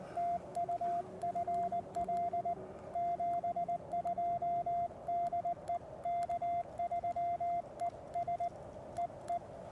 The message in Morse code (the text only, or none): TU FL 72 DE K3ES E E